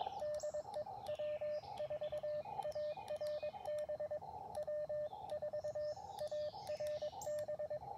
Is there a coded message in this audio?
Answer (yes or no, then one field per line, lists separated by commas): yes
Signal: Morse code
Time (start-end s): 0.2-7.8 s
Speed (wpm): 22 wpm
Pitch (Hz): 600 Hz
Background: radio noise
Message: DE W4ARB W4ARB